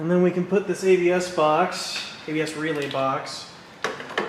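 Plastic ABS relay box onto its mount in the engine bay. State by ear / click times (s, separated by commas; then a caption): seated / 3.8 s, 4.2 s. A plastic ABS relay box on a Toyota Highlander V6 3.0 (2001–2007) is pushed back onto its mount in the engine bay while someone talks. Two sharp ticks sound at 3.8 s and 4.2 s as the relay box snaps into place and seats.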